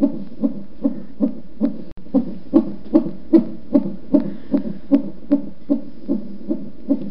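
A fast, steady galloping whoosh-thump repeats about 150 times a minute, with a brief dropout near the two-second mark. This is a fetal heartbeat picked up by Doppler, at a rate typical for a fetus.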